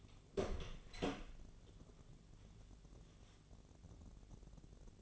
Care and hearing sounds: daily activity, microphone in the room; open door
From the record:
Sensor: 4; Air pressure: 1001.2 hPa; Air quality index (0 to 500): 182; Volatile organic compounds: 2 ppm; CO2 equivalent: 1305 ppm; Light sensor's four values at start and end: 17/39/16/17 and 15/36/15/15

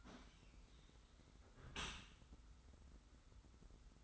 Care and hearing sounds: daily activity, microphone in the room; close dishwasher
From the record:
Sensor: 3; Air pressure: 991.3 hPa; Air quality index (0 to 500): 137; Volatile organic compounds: 249 ppm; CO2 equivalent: 4358 ppm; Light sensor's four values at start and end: 53/143/58/52 and 53/143/58/52

